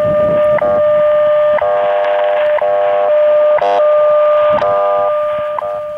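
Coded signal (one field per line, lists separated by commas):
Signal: radio time signal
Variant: WWV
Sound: steady audio tone with a brief tick each second, six ticks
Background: radio static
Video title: DXpedition North Country - WWV 10000 kHz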